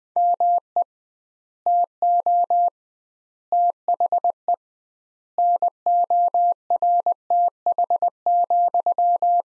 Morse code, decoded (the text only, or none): ME TO THE NORTH,